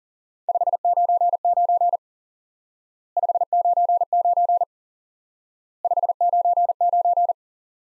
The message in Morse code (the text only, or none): 599 599 599